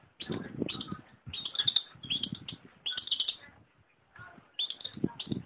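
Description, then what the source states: Long-tailed shrike giving high squeaky phrases and chatter in bursts, with low rumbling noise underneath and a short gap before the final bursts. A combination song.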